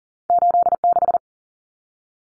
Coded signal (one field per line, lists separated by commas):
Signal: Morse code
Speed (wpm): 40 wpm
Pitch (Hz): 700 Hz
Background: none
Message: 86